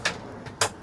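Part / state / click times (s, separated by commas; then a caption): sliding countertop extension in van kitchen cabinet / seated / 0.6 s. A sliding countertop extension in a camper van kitchen cabinet is pulled out, giving a sharp hit at 0.1 s and a louder one at 0.6 s. The louder second hit is the extension locking into place.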